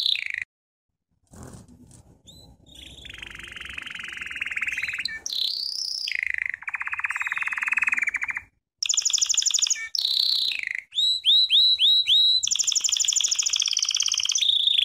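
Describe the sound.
American Singer canary singing extended rolling and buzzy trills at changing pitches, with a series of rapid repeated sweeping chirps and high trills later on.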